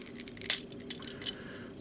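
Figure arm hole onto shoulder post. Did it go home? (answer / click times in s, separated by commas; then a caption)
yes / 0.5 s, 0.9 s. A plastic Transformers Titans Return Kup action figure has its folded arms pressed so the hole beside each fist snaps onto the post on its shoulder. Two sharp plastic snaps, one per arm, land at 0.5 s and 0.9 s over faint handling noise, and both arms are seated with a satisfying snap.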